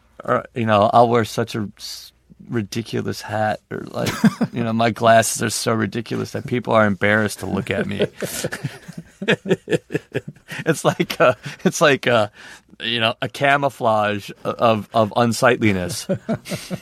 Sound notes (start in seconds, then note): 4.0 laughter; 7.6 laughter